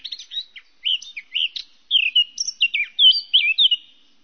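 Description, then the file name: Eurasian blackcap singing a rapid, varied warble of chattering notes, then clearer fluted whistles rising and falling toward the end, with no other sounds. "fauvette a tete noire"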